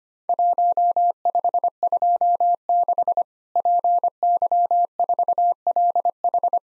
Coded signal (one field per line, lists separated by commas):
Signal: Morse code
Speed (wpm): 25 wpm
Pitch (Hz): 700 Hz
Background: none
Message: 1526 PY4LH